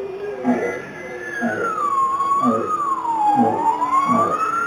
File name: Grenlandskiy kit (Balaena mysticetus)